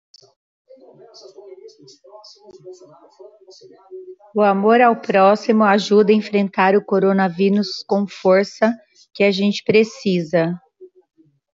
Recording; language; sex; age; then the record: spoken sentence; Brazilian Portuguese; female; 50 to 59 years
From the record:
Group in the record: control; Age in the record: 55 years